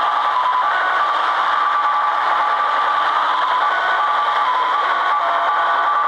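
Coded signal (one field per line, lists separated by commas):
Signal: HF data modem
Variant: Slot Machine (XSL)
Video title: Japanese 'Slot Machine' XSL 6249-6250khz/6.25mhz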